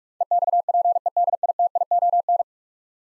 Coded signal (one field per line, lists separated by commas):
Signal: Morse code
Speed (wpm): 44 wpm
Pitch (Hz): 700 Hz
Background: none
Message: EXPEDITION